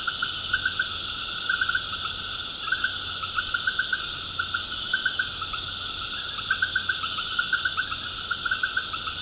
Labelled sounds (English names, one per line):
none